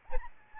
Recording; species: mosquito wingbeat signal from an infrared sensor; Aedes albopictus